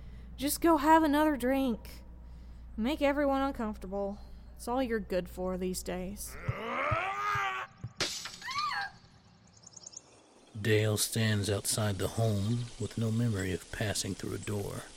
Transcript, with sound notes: Just go have another drink. Make everyone uncomfortable. It's all you're good for these days. [screams] [glass shatters] [screams] Dale stands outside the home with no memory of passing through a door.